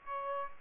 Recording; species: mosquito wingbeat signal from an infrared sensor; Aedes aegypti